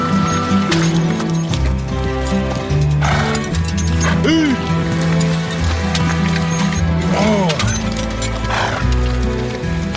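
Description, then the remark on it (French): A horse walks along, its hooves clip-clopping in an uneven rhythm beneath a loud, steady layer of tonal, music-like sound that stays constant throughout. “Bien le cheval.”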